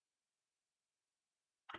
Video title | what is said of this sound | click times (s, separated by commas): 1/48 F-35A, part 2, cockpit, part 1 | expecting to feel it click. Oh, there we go. Yes, that's all it took. | 1.7 s